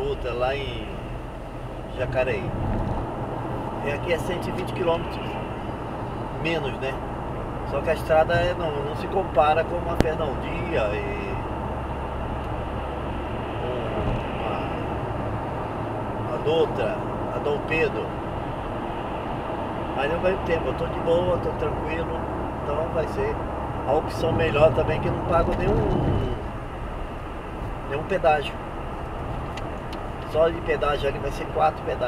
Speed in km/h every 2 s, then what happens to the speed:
95, 96, 97, 100, 103, 105, 105, 105, 105, 105, 107, 110, 110, 111, 112, 110.
0-10 speeds up to 105. 10-32 steady at about 107.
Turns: none.